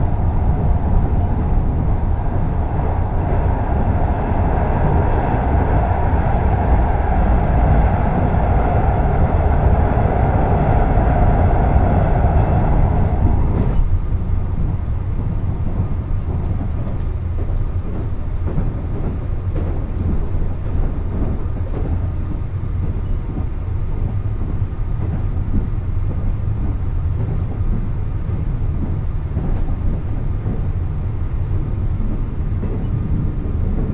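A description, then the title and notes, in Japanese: Steady low rumble aboard the Yakumo No. 3 limited express on the Hakubi Line, with a higher whine that cuts off around fourteen seconds. 伯備線 岡山→備中高梁 特急やくも3号。列車は381系のパノラマグリーンタイプで、意外と乗っている人が多かったです。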